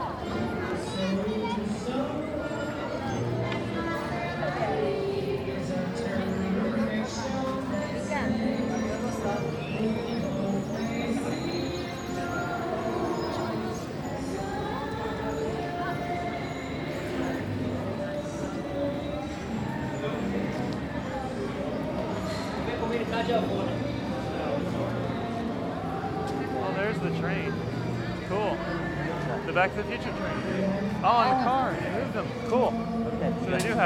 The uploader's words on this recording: A Day at Universal Studios Florida. On this week's show we play audio from the Universal Studios Florida theme park. Listen as you hear us walk the park as we journey from attraction to attraction.